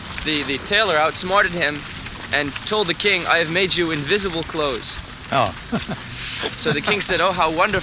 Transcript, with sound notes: the tailor outsmarted him and told the king, "I have made you invisible clothes."
Oh. [laughs]
So the king said, "Oh, how wonderful.